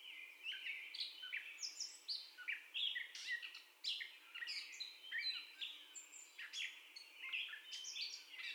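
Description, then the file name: Gray catbird delivering a long improvised medley of chirps, squeaks and slurred notes, varied pitch, near-continuous with short gaps; soft hiss behind. First song, recorded 30 May 2021 at 04:48. "2021-05-30 Catbird First Song"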